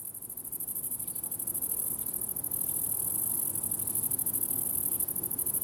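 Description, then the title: Grasshoppers keep up a continuous high-pitched pulsing buzz, with a faint low drone underneath. Summer ambience at the farm of Villers Abbey, Villers-la-Ville, Belgium; Sony PCM-D100 internal microphones in wide position. "Ferme de lAbbaye de Villers, 1495 Villers-la-Ville, Belgique - Grasshoppers"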